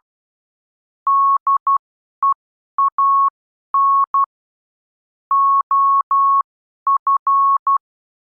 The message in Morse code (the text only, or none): DEAN OF